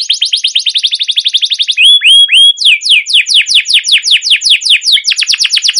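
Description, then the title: Canary song: a rapid rolling trill, a few slurred rising whistles, then a slower series of downward-sweeping notes and another quick trill. Long trilling rolling (ngerol) song of a canary in full song (gacor), a master recording used as a lure to prompt other canaries to sing. "CUIT CUIT NGEROL LANGSUNG GACOR PANJANG Kenari Ini AMPUH Utk Pancingan KENAR. Masteran Suara Burung Kenari Gacor Panjang cuit cuit Ngerol untuk Pancingan Kenari!"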